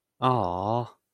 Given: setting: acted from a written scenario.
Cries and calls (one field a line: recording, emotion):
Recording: vocal sound without words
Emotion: adoration